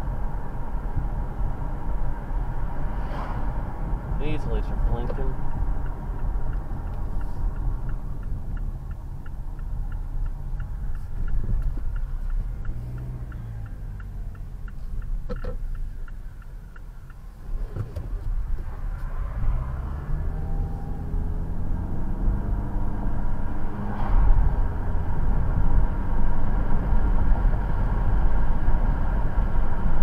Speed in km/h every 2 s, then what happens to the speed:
47, 47, 44, 34, 16, 11, 10, 10, 10, 10, 26, 40, 50, 60, 61.
0-10 brakes to 11. 10-19 steady at about 10. 19-30 speeds up to 61.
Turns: 7-15, 16-20.